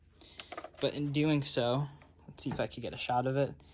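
A UTG 3x magnifier's flip mount on a rifle rail is pulled back and swung sideways, and a sharp click at 0.4 s marks the mount releasing, followed by a few faint ticks. The magnifier ends up swung aside but not locked in the side position, still loose, because the nub on the backup iron sight blocks it. Someone talks throughout.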